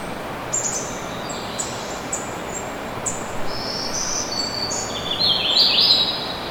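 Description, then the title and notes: Bird song: thin high chirps and short twittering phrases, brightest near the end, over a steady broad rush. Recorded outdoors in Brevard, North Carolina, with a waterfall in the distance. "Soundcasts: Waterfall and Birds. in Brevard, NC"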